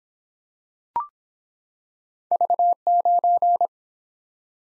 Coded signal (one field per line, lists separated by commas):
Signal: Morse code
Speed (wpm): 23 wpm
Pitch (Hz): 700 Hz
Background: none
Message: V9